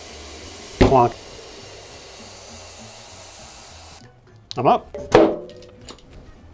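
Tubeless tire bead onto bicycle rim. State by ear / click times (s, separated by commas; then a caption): seated / 5.9 s. A tubeless bicycle tire on a wide carbon/aluminum rim is inflated with a compressor under a steady broadband hiss that stops at about 4.0 s, while someone talks. A short, sharp snap at 5.9 s is the tire bead popping up and seating onto the rim shoulder.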